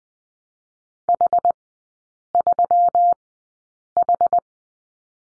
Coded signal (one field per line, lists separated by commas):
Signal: Morse code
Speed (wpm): 20 wpm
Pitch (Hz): 700 Hz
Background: none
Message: H3H